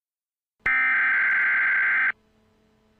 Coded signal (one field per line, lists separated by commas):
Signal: Emergency Alert System (SAME) tones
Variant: header bursts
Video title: EAS Mock 2: Power Outage